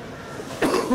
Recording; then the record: coughing mixed with background sound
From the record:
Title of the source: Coughing 77